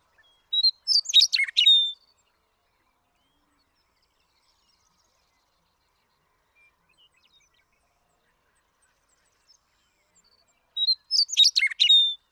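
Western meadowlark singing two rich, gurgling whistled phrases about ten seconds apart, with near silence between them.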